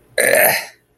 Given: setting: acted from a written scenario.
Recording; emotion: vocal sound without words; disgust